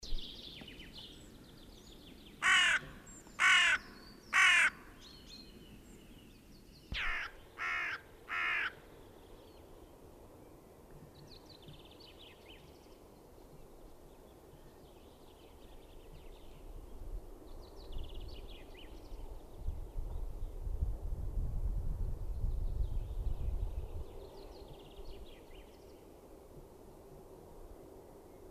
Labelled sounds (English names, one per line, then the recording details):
Carrion Crow call
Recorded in the wild
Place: Garmisch-Partenkirchen, Bayern, DE
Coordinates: 47.4919, 11.0742
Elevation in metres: 707
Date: 1967-03-26
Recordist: Tretzel, Erwin